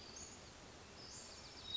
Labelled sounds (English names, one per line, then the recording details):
Western Flycatcher
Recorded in Sonoma County, California